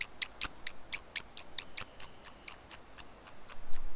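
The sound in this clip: Bird with a steady, evenly spaced run of many piercing high chips.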